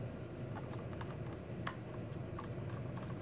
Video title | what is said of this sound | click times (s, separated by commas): Dell insperion N5110 boots to white screen | nope there we go it just wasn't clicked into place and then we got that one into place it tightened | 1.7 s